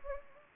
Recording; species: mosquito wingbeat signal from an infrared sensor; Anopheles gambiae